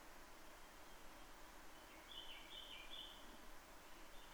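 Townsend's solitaire giving one short, hurried warbled phrase lasting under a second and a half, amid steady noise.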